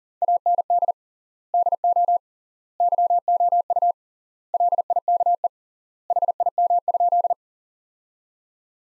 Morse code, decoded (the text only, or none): AND DO YOU LIKE HIM?